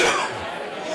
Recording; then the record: coughing mixed with background sound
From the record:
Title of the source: Spring Cold Coughing 2